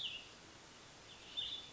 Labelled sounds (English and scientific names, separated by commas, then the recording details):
Cassin's Vireo (Vireo cassinii)
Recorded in Sonoma County, California